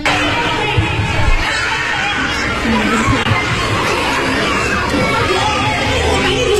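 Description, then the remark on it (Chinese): A crowd of young children screaming and wailing over one another at kindergarten drop-off on the first day of school in China, a dense, steady wall of high, overlapping voices that stays loud from start to finish, with shouting and chatter mixed in. “每年这个时候，全国的各大幼儿园都在上演这样的戏码，就是绝望的尖叫，抱走了孩子。”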